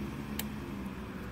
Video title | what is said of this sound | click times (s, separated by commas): Replacing the Tesla Model S Louver Actuators | okay I just heard it Go click | 0.4 s